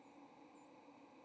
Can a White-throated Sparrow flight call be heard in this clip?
yes